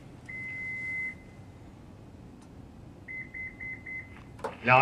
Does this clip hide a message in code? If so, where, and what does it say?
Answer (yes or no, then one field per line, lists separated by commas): no